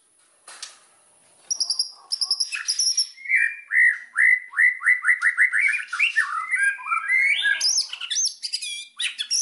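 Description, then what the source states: White-rumped shama song of quick buzzy high notes, then a fast run of bright slurred whistles climbing toward a shrill finish. Song used as a lure (pancingan) for other birds, said to provoke an immediate response; described as singing constantly (gacor).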